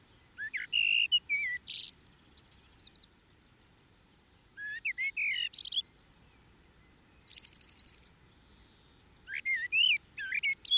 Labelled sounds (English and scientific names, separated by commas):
Common Blackbird (Turdus merula) song